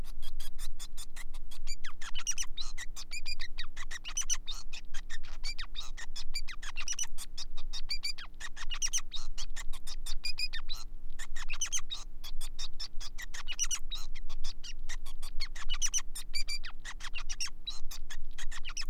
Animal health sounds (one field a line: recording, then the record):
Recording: song of a male Bengalese finch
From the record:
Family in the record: son of father 5